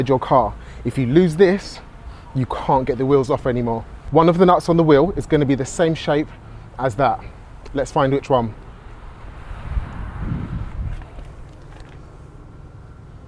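Someone talks while holding a metal locking wheel nut key up against a car's wheel nuts, comparing shapes to find the one that matches before fitting it. Only a faint hit is heard, around 11.0 s. Nothing has seated or clicked yet.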